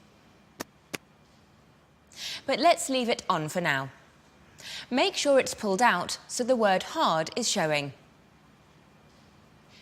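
On a CPR training mannequin, a plastic tab is pushed in to switch off the compression clicker sound, giving two short, sharp clicks at 0.6 s and 1.0 s as the tab seats. Someone then talks from about 2 s to 8 s.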